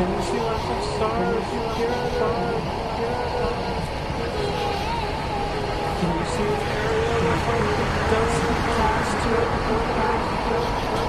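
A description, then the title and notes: Highway traffic on Interstate 91 forms a dense, steady roar that fills the whole clip at an even loudness. Low rumble dominates, with faint wavering whines from tires and engines and brief brighter hisses of passing vehicles every second or two. Recording of Interstate 91 in Northampton MA in 1998. All recordings by Dan Bodah.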